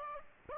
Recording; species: mosquito wingbeat signal from an infrared sensor; Aedes aegypti